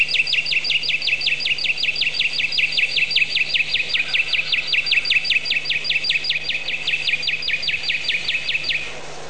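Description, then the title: Bird trill: a long, even series of quick, sharp high notes lasting nearly nine seconds before stopping, over faint background hiss. "Bird Sound Effects पक्षी लगता है"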